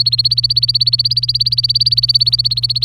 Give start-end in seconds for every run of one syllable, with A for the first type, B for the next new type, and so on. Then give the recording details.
0.00-2.85 A. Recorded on 24 April 2018 at 09:34. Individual llb3